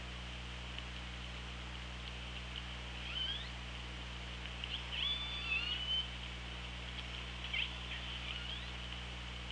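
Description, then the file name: Orca calls: short squealing whistles near three and five seconds and a brief rising note later, over constant underwater hiss and low hum. Recorded on the OrcaLab hydrophone, 24 August 2017 at 16:54. "Orca Lab 20170824 165429"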